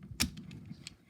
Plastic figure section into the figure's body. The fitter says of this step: pull it forward, and it should just snap into place.